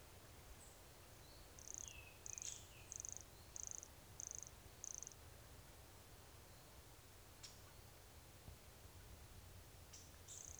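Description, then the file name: Pumpkin toadlet call: a run of six high, buzzy pulsed notes evenly spaced about every 0.6 seconds, with a few soft lower chirps and low background rumble. Recorded at Serra do Guarau, Serra do Guaraqueçaba, 22 October 2016; calling animal not collected. "Brachycephalus sulfuratus Serra do Guarau not collected 22 out 2016 MRBornschein"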